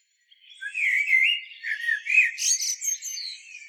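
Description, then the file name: Common blackbird song: a flowing phrase of rich, fluty notes, then a burst of thin, squeaky high notes. "Turdus merula"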